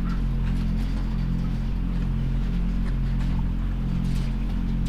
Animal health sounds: poultry house recording; sick chickens (respiratory disease)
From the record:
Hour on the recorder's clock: 1

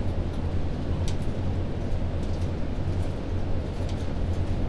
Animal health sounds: poultry house recording; no chicken sound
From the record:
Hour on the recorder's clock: 22

